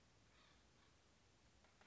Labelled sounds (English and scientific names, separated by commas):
Acorn Woodpecker (Melanerpes formicivorus)